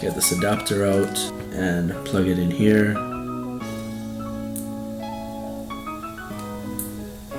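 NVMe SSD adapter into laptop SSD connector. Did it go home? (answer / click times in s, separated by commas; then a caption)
yes / 6.8 s. An NVMe SSD adapter is plugged into a laptop's original SSD drive connector while music plays and someone talks. It seats with a short, sharp click at 6.8 s.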